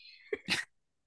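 A single sneeze from an adult with nasal congestion: a short breathy intake, then one sharp, explosive burst of air.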